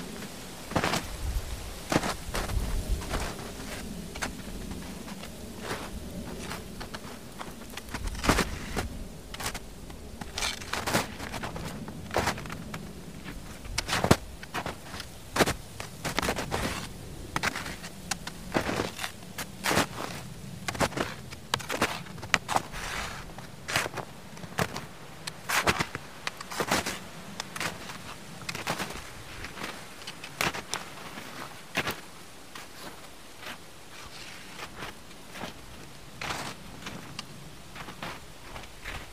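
Footsteps crunch through ice and snow at a steady walking pace, each step a sharp, bright crackle, roughly two per second throughout. A low rumble sits underneath during the first twenty seconds, then fades, leaving the crunching steps alone.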